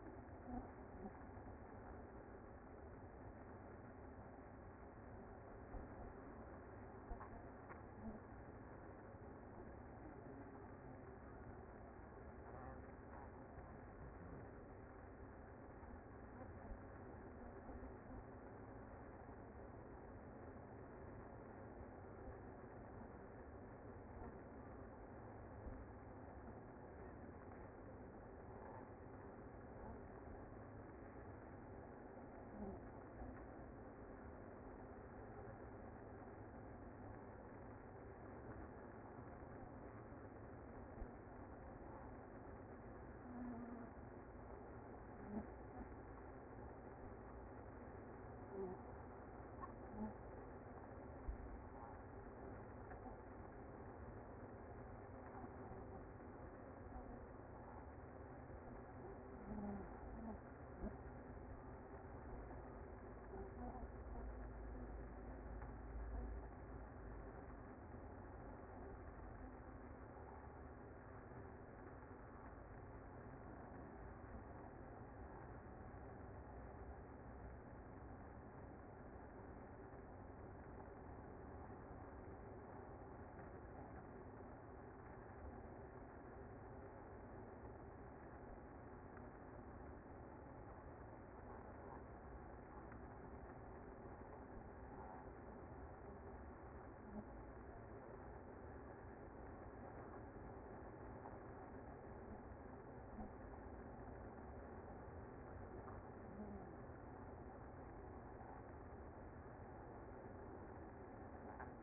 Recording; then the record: honeybee colony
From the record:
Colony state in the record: active